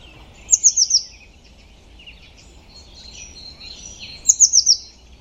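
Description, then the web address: Bird calls: two quick runs of four high, piercing notes, one at the start and one near the end, over a low hiss of background noise. "Deverinetal 2025. Bird Only"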